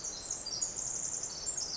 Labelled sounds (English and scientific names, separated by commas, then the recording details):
Pacific Wren (Troglodytes pacificus)
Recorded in Sonoma County, California